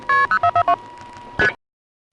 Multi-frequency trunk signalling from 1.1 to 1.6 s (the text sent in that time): ST